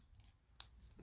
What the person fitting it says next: Boom. Clicks in place.